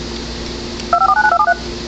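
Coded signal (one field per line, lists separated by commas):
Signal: DTMF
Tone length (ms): 80 ms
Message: 2549273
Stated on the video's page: Virtual (simulated) EAS Tornado Warning for Kane County, Illinois.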